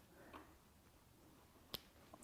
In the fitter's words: just plug it in until it clicks